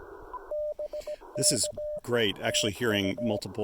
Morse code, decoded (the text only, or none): BK E TU